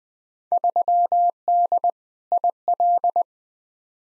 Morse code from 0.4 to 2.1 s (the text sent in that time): 3D